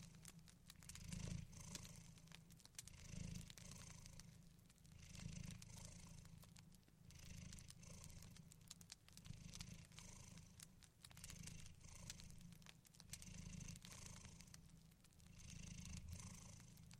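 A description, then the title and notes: Knitting a blanket: rhythmic needle scrapes and clicks repeat about every two seconds over a steady low hum, with soft crackles between strokes. ASMR Blanket Knitting To Put You To Sleep No Talking.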